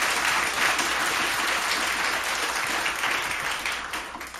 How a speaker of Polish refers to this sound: Brawa dla niej.